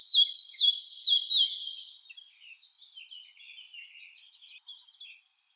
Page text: Ficedula parva - Мухоловка малая